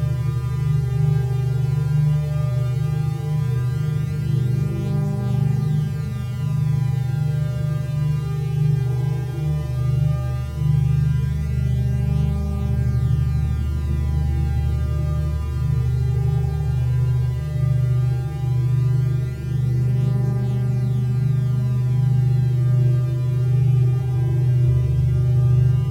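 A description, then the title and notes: A sustained electronic drone built from stacked steady tones, heaviest in the low register with fainter bright overtones above. The low layer wavers and pulses irregularly throughout, while overall loudness stays nearly level for the whole stretch, with no breaks or distinct events. A mix of five drone sequences of different frequencies, each with added modulation & varying dynamics.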